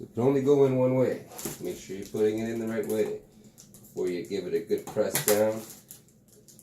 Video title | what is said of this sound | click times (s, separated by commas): New 4K gaming PC i7 8700 rtx 2080 oc H370M D3H mobo 16gb ddr4 2666mhz corsair ram WD m2 ssd Pt. 1 | And you hear those snap in. | 5.9 s